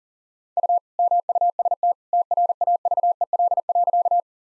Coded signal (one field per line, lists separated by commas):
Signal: Morse code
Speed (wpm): 40 wpm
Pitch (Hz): 700 Hz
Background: none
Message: U MUST TRAVEL.